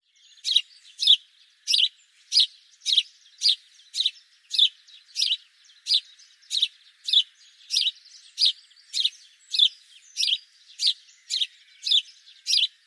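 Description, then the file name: House sparrow chirping: a steady run of about twenty bright, harsh chirps, roughly one every half second to two-thirds of a second, with no other sounds. "Passer domesticus"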